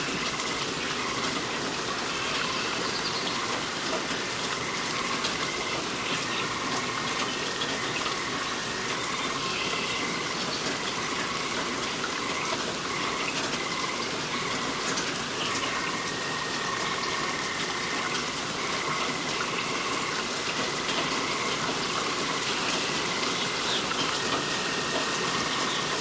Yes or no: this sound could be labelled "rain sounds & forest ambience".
yes